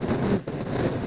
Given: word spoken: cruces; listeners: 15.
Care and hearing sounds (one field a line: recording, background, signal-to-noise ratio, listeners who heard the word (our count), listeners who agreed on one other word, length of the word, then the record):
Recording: one Spanish word in noise, from a listening test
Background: noise modulated by three-talker babble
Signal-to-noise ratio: -5.0 dB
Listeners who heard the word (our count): 2 of 15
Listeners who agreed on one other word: 12 of 15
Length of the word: 0.67 s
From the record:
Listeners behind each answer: 12, 2, 1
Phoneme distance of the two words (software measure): 17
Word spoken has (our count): 2 syllables, 6 phonemes, stress on syllable 1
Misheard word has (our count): 2 syllables, 5 phonemes, stress on syllable 1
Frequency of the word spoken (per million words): 8.63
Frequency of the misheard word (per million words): 42.80